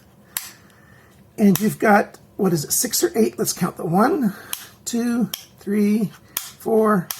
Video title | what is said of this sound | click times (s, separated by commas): REVIEW: Sanrenmu S738 and S725P - Good Budget Choices | you've got a lever right here and it turns and it locks into place | 0.4 s